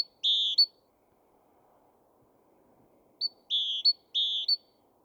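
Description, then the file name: Great tit giving a whistled two-part note at the start, then two more after a long pause; quiet otherwise. "Parus major"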